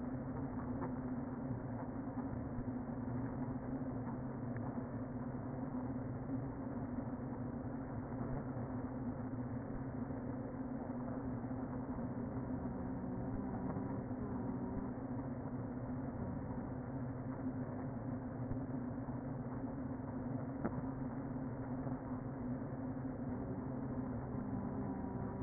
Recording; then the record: honeybee colony, microphone inside the hive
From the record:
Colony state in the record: queen present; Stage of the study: before two queens were removed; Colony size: about 60,000 bees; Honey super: yes